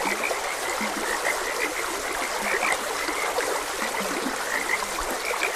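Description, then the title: Frogs calling together, a busy mesh of quick croaks and occasional higher chirps, with a soft, constant stream rushing in the background. Frogs croaking beside a gentle stream; ambient nature sounds. "Gentle Stream and Frogs Croaking - Calming Sounds of Nature"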